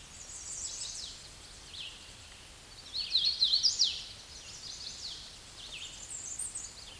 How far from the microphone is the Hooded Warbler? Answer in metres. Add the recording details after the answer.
about 15 m. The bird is about 15 m above the microphone. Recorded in a Pennsylvania forest on 16 May 2024 at 08:16. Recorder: AudioMoth, point MSD-0814. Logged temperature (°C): 15.8 °C. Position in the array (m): 157 m, 122 m